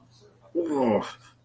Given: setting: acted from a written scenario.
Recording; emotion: vocal sound without words; fear